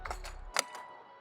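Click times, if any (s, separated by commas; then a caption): 0.6 s. A painted fuel filler door on a Final Edition Dodge Viper GTS is pushed closed into the rear quarter panel over background music, with a few softer taps first. It snaps shut with a sharp click at 0.6 s and is seated.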